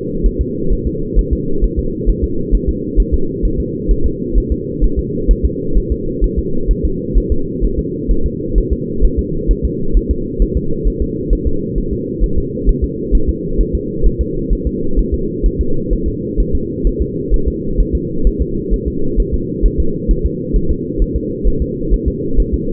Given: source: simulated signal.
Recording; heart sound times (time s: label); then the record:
fetal heart sounds
0.26 s: S1
0.41 s: S2
0.73 s: S1
0.87 s: S2
1.19 s: S1
1.33 s: S2
1.64 s: S1
1.79 s: S2
2.09 s: S1
2.24 s: S2
2.55 s: S1
2.69 s: S2
3.00 s: S1
3.14 s: S2
3.45 s: S1
3.60 s: S2
3.91 s: S1
4.06 s: S2
4.38 s: S1
4.52 s: S2
4.84 s: S1
4.99 s: S2
5.31 s: S1
5.45 s: S2
5.78 s: S1
5.92 s: S2
6.24 s: S1
6.39 s: S2
6.71 s: S1
6.85 s: S2
7.17 s: S1
7.32 s: S2
7.64 s: S1
7.79 s: S2
8.11 s: S1
8.26 s: S2
8.58 s: S1
8.73 s: S2
9.05 s: S1
9.19 s: S2
9.51 s: S1
9.65 s: S2
9.97 s: S1
10.11 s: S2
10.42 s: S1
10.57 s: S2
10.88 s: S1
11.02 s: S2
11.33 s: S1
11.47 s: S2
11.78 s: S1
11.93 s: S2
12.24 s: S1
12.38 s: S2
12.69 s: S1
12.84 s: S2
13.15 s: S1
13.29 s: S2
13.60 s: S1
13.75 s: S2
14.06 s: S1
14.21 s: S2
14.53 s: S1
14.67 s: S2
14.99 s: S1
15.14 s: S2
15.46 s: S1
15.61 s: S2
15.93 s: S1
16.08 s: S2
16.40 s: S1
16.55 s: S2
16.87 s: S1
17.02 s: S2
17.34 s: S1
17.48 s: S2
17.80 s: S1
17.95 s: S2
18.27 s: S1
18.41 s: S2
18.73 s: S1
18.88 s: S2
19.20 s: S1
19.34 s: S2
19.66 s: S1
19.80 s: S2
20.11 s: S1
20.25 s: S2
20.56 s: S1
20.71 s: S2
21.02 s: S1
21.16 s: S2
21.47 s: S1
21.62 s: S2
21.94 s: S1
22.08 s: S2
22.40 s: S1
22.54 s: S2
From the record:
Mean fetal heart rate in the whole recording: 130 bpm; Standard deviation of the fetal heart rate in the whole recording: 2 bpm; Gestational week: 36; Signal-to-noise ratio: -8.1 dB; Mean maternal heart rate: 72 bpm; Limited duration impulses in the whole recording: absent